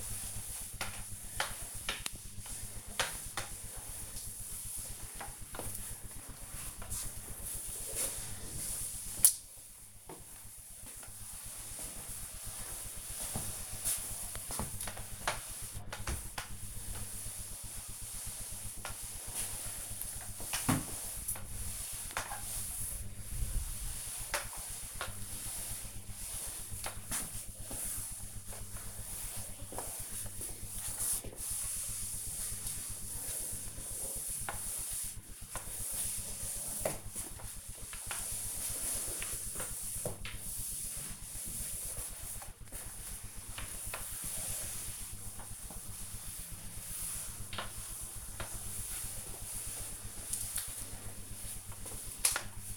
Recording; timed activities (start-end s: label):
household activities, microphone on the right wrist
0.00-52.77 s: floor cleaning